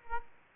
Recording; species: mosquito wingbeat signal from an infrared sensor; Aedes aegypti